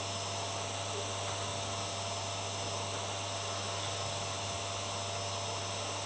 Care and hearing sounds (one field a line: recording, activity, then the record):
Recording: daily activity, microphone in the room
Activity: vacuum cleaning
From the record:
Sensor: 3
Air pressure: 1007.7 hPa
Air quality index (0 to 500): 49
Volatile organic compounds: 1 ppm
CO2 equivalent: 576 ppm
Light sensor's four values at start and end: 10/23/9/9 and 10/23/9/9